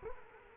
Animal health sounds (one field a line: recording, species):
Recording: mosquito wingbeat signal from an infrared sensor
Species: Culex quinquefasciatus